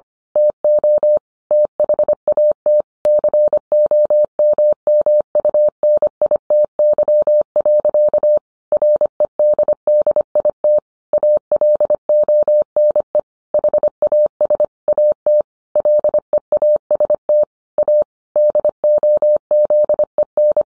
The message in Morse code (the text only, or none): TO THAT COMMUNITY. REDDIT ALONE HAS AT LEAST A DOZEN